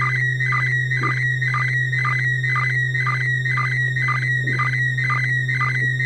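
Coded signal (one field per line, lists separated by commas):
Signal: SSTV (slow-scan television)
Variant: PD120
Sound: warbling high tone scanning lines about twice a second with regular low sync chirps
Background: steady low hum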